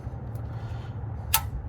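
A click-type torque wrench keeps tightening the steel oil drain plug on the diesel engine sump of a Mitsubishi Triton/L200/Challenger 4D56 over a low rumbling background. At 1.4 s it gives a sharp, bright click as it reaches its 39 Nm setting, confirming the plug is torqued.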